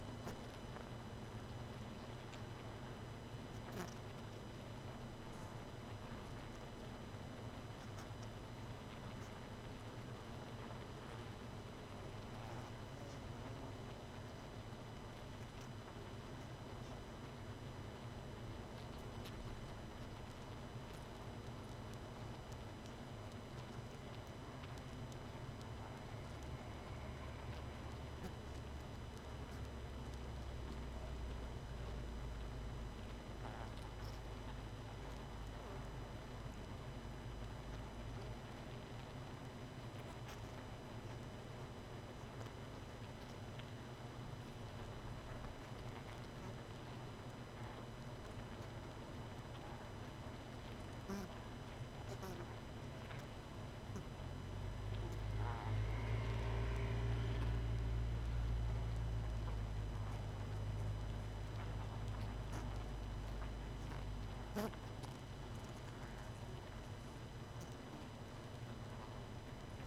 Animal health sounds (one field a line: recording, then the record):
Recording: honeybee colony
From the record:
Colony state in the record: missing queen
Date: 31 May 2018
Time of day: 23:00